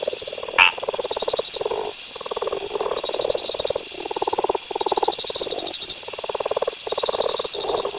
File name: Lithobates brownorum